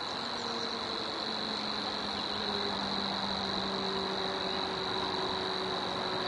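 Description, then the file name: Savi's warbler reeling continuously, a flat steady buzz, while low drawn-out tones and a dense chorus fill the background. Recorded at Zakole Wawerskie on 3 May 2012 at 7:31. "2012-05-03-zakole-wawerskie-7-31-brzeczka"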